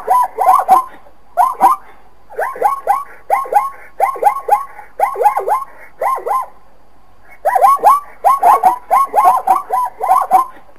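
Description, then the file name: Zebra calls: a rapid series of yelping, barking notes given in bursts separated by short pauses. "Lyuboznajki Zvuki zhivotnyh - ZEBRA KRICHIT"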